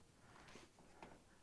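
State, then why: Not seated. A wire harness connector is handled as it is about to be pressed into the control board of a Maytag dryer during a W10909685 thermal fuse replacement, a part that fits Whirlpool and KitchenAid dryers. Soft, steady handling noise is heard, with a brief sharper knock at about 1.0 s. Nothing has seated or clicked yet.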